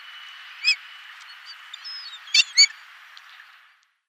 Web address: Schulze Peter Pomarine Skua call Netherlands 12 Nov 1985